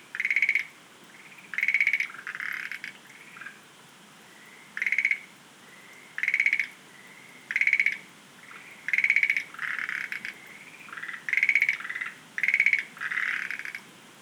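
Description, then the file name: Schlegel's green tree frog repeating clattering pulsed calls in irregular bursts, often followed by softer croaking notes, over a steady background hiss. "rodolphe alexis - rhacophorus schlegelii"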